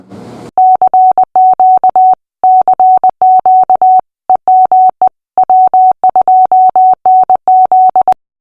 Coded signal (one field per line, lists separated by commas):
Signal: Morse code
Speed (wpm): 20 wpm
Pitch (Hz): 750 Hz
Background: none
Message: CQ CQ EME W2NZ